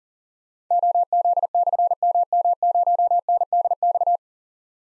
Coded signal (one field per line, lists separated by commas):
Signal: Morse code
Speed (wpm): 40 wpm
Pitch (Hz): 700 Hz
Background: none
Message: OZ/MM0NDX